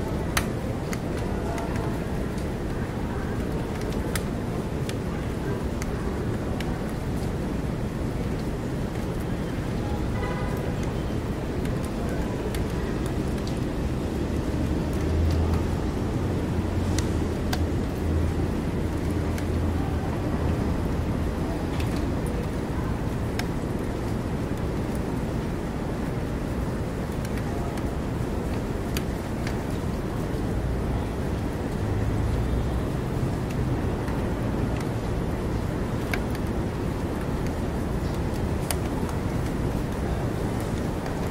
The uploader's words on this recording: Sounds in New York City City Rain Open WIndow. Essa vista foi gravada de 27 andares em Manhattan.